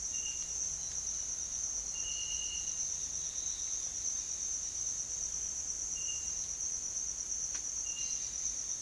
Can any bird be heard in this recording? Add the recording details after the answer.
no. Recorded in pastures near Puerto Asís, Putumayo, Colombia, on 30 June 2025 at 08:30. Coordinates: 0.502, -76.324. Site G010